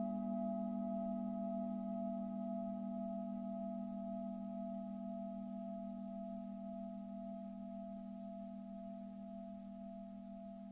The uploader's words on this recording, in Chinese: 颂钵疗愈。大大小小的颂钵共振音频。